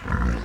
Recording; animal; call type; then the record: contact call of a hoofed animal; wild boar; grunt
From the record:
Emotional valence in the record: positive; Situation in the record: food anticipation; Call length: 0.44 s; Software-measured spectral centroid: 1450 Hz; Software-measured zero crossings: 1030 a second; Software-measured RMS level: -24 dBFS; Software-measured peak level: -10 dBFS